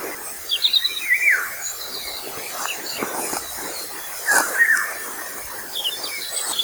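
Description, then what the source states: Eurasian golden oriole song: two short fluty whistled phrases, with faint higher chirps and steady background hiss. Recorded 26 May 2015.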